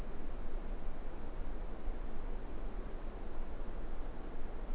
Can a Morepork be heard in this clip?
no